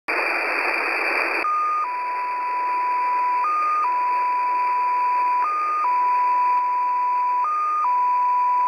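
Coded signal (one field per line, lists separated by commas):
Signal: numbers station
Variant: XPA2 data mode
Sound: hiss, then a steady tone that jumps slightly higher for a moment every two seconds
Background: radio static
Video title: XPA2 Data Mode 08/07/2023 0910 UTC 13445kHz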